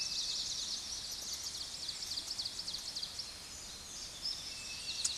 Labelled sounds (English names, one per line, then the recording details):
Ovenbird song
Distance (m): 80 m
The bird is about 5 m above the microphone
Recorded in a Pennsylvania forest on 16 May 2024 at 06:06
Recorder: AudioMoth, point MSD-2234
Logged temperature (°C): 16.4 °C
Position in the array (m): 80 m, 21 m